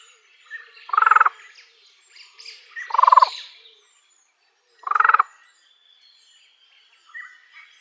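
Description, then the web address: Fan-tailed raven giving three harsh, croaking calls spaced about two seconds apart. "Schulze Peter Fan-tailed Raven"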